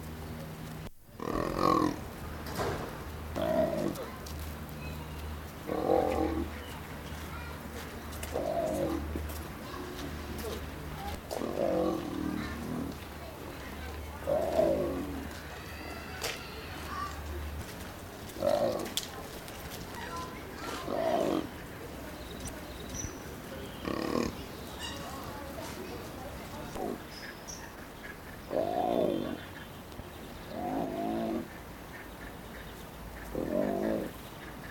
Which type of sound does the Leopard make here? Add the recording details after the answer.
call. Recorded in captivity. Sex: male. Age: adult. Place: Zoo Berlin, Berlin, DE. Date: 1997-01-18 14:52. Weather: bedeckt, um 0°C. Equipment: Nagra SN, Kopie Uher 4000 Report Monitor. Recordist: Tembrock, Günter